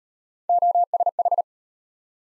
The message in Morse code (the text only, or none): OSH